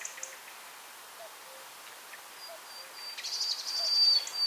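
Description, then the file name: Common nightingale song enters near the end with high whistled and buzzy notes, after soft low repeated notes in the background. "Luscinia megarhynchos"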